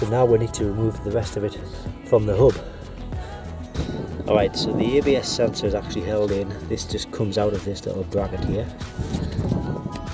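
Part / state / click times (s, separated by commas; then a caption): ABS sensor cable clip into hub bracket / not seated / none. Someone talks over background music while handling the rear left ABS sensor lead of a Mercedes W212 E-Class, working it at its small plastic retaining bracket on the rear hub area. The clip ends just before the lead clip goes home into the bracket, so nothing has seated or clicked yet.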